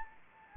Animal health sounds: mosquito wingbeat signal from an infrared sensor; Anopheles gambiae

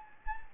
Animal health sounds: mosquito wingbeat signal from an infrared sensor; Anopheles gambiae

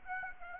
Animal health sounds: mosquito wingbeat signal from an infrared sensor; Aedes aegypti

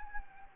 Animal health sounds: mosquito wingbeat signal from an infrared sensor; Anopheles gambiae

